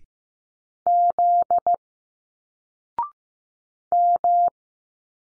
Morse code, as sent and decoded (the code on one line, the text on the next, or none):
--.. / --
Z M